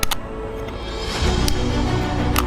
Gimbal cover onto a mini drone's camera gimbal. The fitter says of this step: push it down until you hear a click see